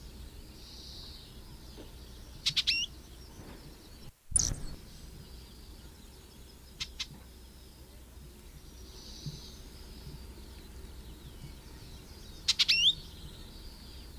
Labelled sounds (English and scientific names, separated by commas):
Icterine Warbler (Hippolais icterina)